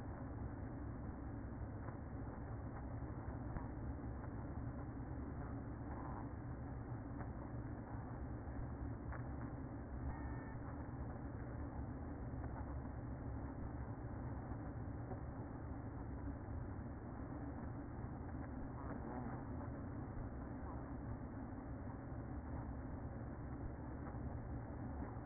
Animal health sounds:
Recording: honeybee colony, microphone inside the hive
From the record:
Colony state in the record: queen present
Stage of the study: after two queens were removed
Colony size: about 60,000 bees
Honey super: yes

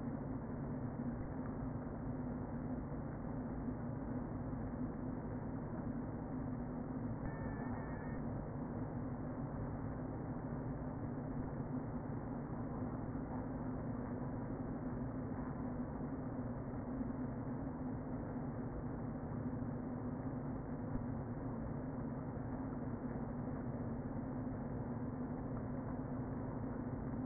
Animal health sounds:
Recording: honeybee colony, microphone inside the hive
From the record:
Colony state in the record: queen present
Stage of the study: before two queens were removed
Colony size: about 60,000 bees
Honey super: yes

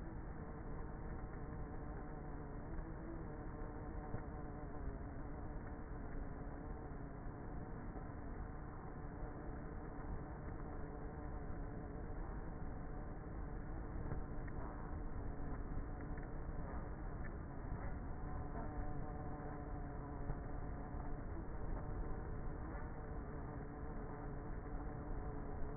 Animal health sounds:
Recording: honeybee colony, microphone inside the hive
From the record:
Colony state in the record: queenless with a low population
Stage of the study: before two queens were removed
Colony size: about 30,000 bees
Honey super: no

